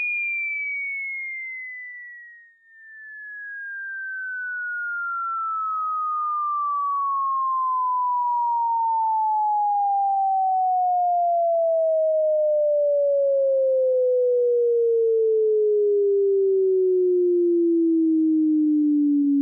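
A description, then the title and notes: A single pure sine tone sweeps steadily downward, starting as a high whistle and gliding smoothly to a low, mellow pitch by the end. Its level dips briefly near two and a half seconds, then holds even. No other sounds are present. Sine σκούπισμα 20 kHz ~ 20 Hz – Αριστερά και δεξιά.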